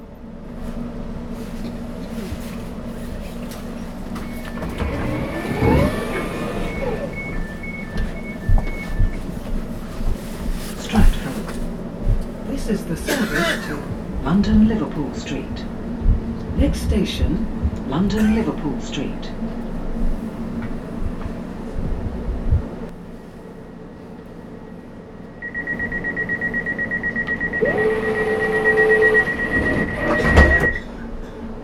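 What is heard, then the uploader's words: Inside a half-full morning commuter train, a steady low hum runs under scattered voices, with a bright tone and chimes near the end. Captured on an early morning commuter train. The train is about half full of people making their way into work.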